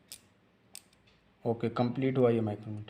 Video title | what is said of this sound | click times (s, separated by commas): Micrometer Use, Parts Name and Reading | rate की आवाज करने लगी इसका मतलब आगे हम नहीं बढ़ा सकते हो इस तरीके से आवाज कटेगी | 0.1 s, 0.8 s